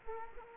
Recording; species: mosquito wingbeat signal from an infrared sensor; Culex quinquefasciatus